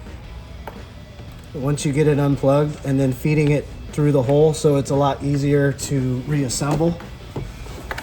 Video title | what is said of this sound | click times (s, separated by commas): How To Install the Toyota Tundra 2022+ Sound Deadening Kit | and then the light just clicks back in | 7.9 s, 8.0 s